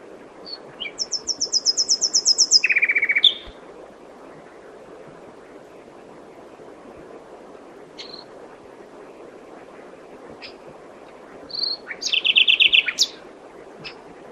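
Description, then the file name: Nightingale song phrases: a fast high rattling trill sliding into a buzzy lower section, long quiet gaps with single sharp notes, then another buzzy phrase near the end. "Luscinia megarhynchos"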